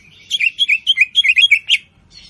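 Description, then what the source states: Bird song: a quick run of many bright, chirpy notes, closely spaced and evenly repeated, then a short faint tail. Melodious bird song, used as a ringtone.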